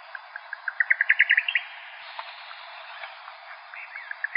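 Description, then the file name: Buff-collared nightjar song: one accelerating, rising series of chips ending in a flourish, followed by a quieter second phrase beginning through background hiss. "BCNI 1 deviche"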